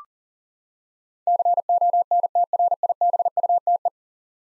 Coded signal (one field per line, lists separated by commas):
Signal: Morse code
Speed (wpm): 37 wpm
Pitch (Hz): 700 Hz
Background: none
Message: CONTRIBUTE